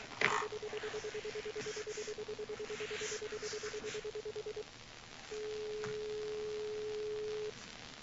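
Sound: telephone call being dialed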